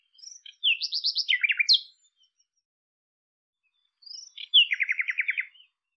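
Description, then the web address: Bird song in two phrases separated by a pause, each made of high chirps and a quick buzzy trill. "cianscape birddata Deverinetal 2025 Bird Lu Me Lu Me"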